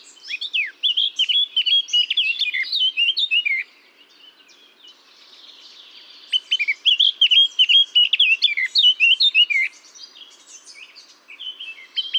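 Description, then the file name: Eurasian blackcap song in two main bursts of rich, fluty warbling separated by a quieter gap, a third phrase beginning at the end. "Sylvia atricapilla"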